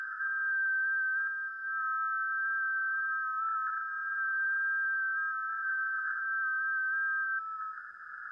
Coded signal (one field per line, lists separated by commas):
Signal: FT8